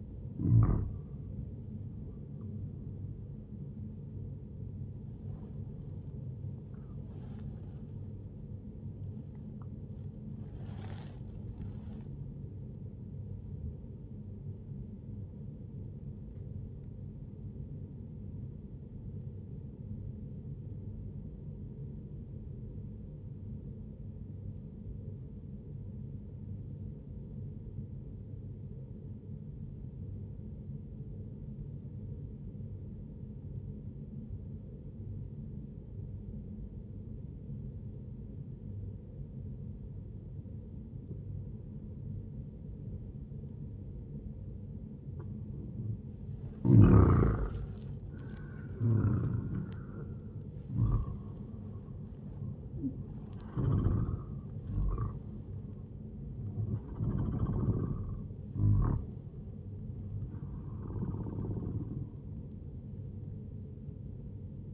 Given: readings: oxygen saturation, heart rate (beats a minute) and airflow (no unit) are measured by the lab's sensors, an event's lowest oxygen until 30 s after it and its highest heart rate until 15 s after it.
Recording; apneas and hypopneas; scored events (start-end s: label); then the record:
breathing in sleep by a smartphone at the bedside; 1
16.00-44.10 s: obstructive apnea (N1, oxygen 98% highest, then 94% lowest, heart rate 70 at the start, 77 highest)
From the record:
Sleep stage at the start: N1 (lightest sleep); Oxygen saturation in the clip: 96 to 98%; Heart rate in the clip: 60 to 77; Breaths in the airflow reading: 7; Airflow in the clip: -7.3 to 11.1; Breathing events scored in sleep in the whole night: 131 in 7.2 hours asleep